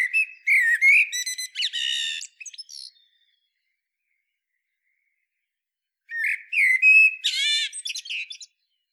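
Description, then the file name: Common blackbird producing two bursts of squeaky, squawking notes and buzzy chatter, separated by roughly three seconds of quiet. "Turdus merula"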